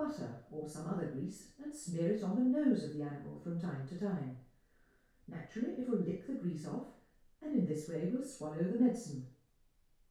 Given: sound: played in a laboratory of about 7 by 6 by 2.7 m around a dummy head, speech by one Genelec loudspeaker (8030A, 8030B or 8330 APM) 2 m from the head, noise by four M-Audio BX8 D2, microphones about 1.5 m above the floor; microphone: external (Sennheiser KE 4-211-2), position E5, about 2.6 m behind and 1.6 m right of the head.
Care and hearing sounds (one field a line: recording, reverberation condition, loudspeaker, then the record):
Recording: female speech in English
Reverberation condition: medium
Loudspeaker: 120 degrees to the right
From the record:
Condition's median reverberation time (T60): about 510 ms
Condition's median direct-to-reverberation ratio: about -0.5 dB